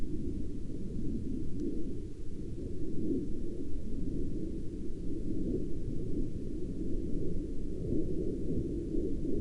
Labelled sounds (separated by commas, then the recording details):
aircraft
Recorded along the Dalton Highway, Alaska, on 17 April 2019 at 15:05
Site 10